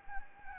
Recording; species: mosquito wingbeat signal from an infrared sensor; Anopheles gambiae